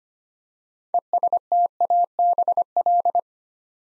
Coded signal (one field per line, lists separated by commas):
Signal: Morse code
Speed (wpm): 25 wpm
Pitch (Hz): 700 Hz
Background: none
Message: ESTABL